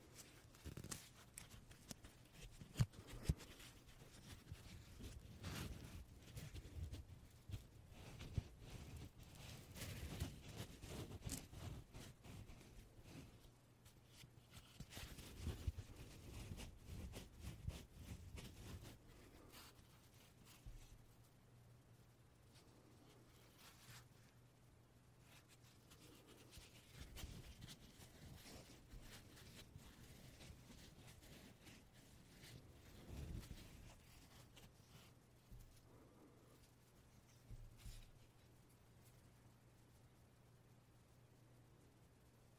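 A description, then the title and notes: Soft puffing bursts come in quick clusters, busiest in the first twenty seconds and sparser later, over a steady low hum. 말없이 퍼프 소리만, 가득 담아봤어요 puff sound no talking asmr.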